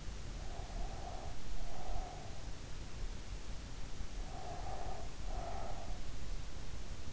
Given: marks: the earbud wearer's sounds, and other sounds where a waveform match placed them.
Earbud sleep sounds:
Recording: sounds in sleep by an in-ear microphone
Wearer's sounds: breath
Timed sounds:
0.46-2.75 s: breath
4.23-6.12 s: breath

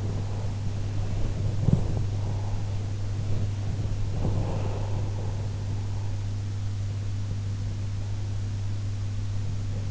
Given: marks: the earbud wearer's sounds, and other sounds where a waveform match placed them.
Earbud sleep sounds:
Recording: sounds in sleep by an in-ear microphone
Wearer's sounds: body movement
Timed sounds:
0.00-7.66 s: body movement

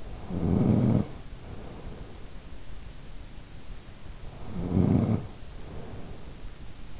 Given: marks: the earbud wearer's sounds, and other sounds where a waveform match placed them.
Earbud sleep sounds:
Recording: sounds in sleep by an in-ear microphone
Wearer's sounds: snoring breath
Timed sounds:
0.00-2.57 s: snoring breath
4.01-6.95 s: snoring breath

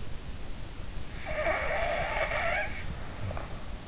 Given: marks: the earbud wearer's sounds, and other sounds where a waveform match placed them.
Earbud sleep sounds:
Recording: sounds in sleep by an in-ear microphone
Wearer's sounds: snoring breath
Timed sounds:
1.20-3.70 s: snoring breath

